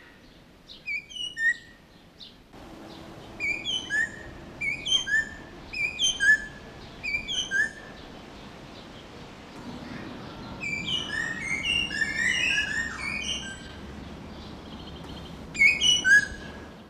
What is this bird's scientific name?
Coracopsis nigra